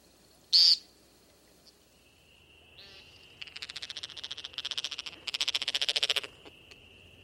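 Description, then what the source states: American Woodcock: one short sharp note, then several bursts of rapid, buzzy pulsed twittering over a steady high tone. Field recording from the Stokes Field Guide to Bird Songs, played on a radio show; one of the birds mentioned in an interview.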